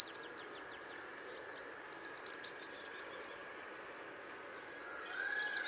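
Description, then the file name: Eurasian blue tit: one clear burst of high, quick trilled notes midway, with a brief similar note at the start and fainter similar notes at the end against a low steady hum. "Cyanistes caeruleus"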